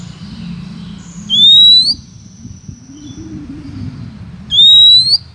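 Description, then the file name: Oriental magpie-robin uttering a pure, sharply rising whistle twice, about three seconds apart, over a constant low background hum. Female. "suara kacer betina"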